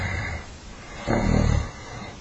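A single low, fluttering rumble lasting about half a second rises out of quiet breathing noise, then fades. It is one snore from a sleeping dog, with a vibrating, rattly quality on the breath.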